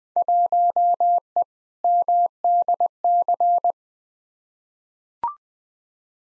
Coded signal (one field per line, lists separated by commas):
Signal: Morse code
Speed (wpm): 21 wpm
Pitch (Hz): 700 Hz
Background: none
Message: 1E MDC